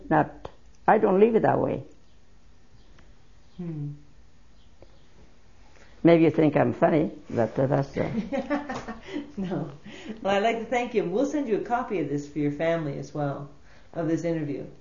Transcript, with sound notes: No, I don't live that way. Maybe you think I'm funny, but that's it.
( she laughs ) No. I'd like to thank you. We'll send you a copy of this for your family as well, of this interview.